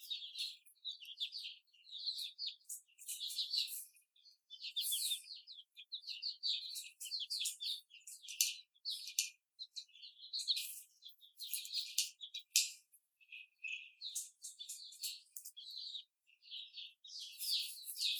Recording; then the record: young laying hens in a cage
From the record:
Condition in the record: before the stressor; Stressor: simulated dog barking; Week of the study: 4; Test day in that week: 2